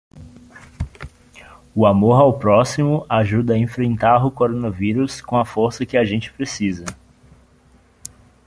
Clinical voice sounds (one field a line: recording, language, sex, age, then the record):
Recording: spoken sentence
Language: Brazilian Portuguese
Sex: male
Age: 30 to 39 years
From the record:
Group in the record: control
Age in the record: 32 years